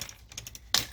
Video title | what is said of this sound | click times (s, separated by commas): How to Replace LCD Screen for Acer A315-32-C4Y0 from screencountry.com | you can hear the clicks so normally like | 0.4 s, 0.5 s, 0.7 s